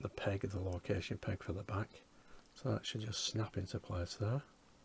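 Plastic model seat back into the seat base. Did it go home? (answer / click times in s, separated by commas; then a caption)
no / none. A plastic seat back with a D-shaped locating peg, part of a Hachette Lancaster Bomber B III model build (issues 10 and 11), is lined up for pressing into its seat base. Someone talks throughout, pausing briefly around 2.0 to 2.6 s, and no distinct click stands out. Nothing has seated or clicked yet; the clip ends just before the seat back goes home.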